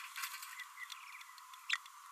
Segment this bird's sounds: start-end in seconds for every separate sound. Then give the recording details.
1.69-1.75. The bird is a female. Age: 30 days. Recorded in a nest box in Venezuela. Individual 17B32A5